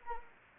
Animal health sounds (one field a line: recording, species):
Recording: mosquito wingbeat signal from an infrared sensor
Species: Anopheles arabiensis